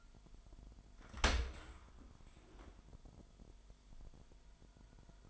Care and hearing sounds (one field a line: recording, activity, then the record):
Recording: daily activity, microphone in the room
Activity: open dishwasher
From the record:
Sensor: 5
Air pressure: 998.3 hPa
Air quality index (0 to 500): 87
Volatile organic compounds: 2 ppm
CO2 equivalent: 986 ppm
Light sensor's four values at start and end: 19/46/19/21 and 19/46/19/21